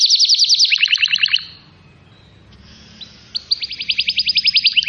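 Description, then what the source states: Atlantic canary song, rapid rolling trills that drop in pitch, a short quiet gap, then a renewed fast high trill. Used to lure birds.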